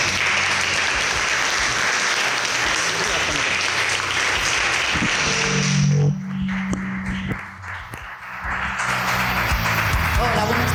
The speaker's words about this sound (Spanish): quiero que dediquéis un fuerte aplauso.